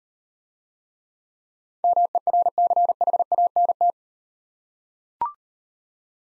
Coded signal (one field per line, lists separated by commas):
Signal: Morse code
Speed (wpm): 37 wpm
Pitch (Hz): 700 Hz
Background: none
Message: MERCHANT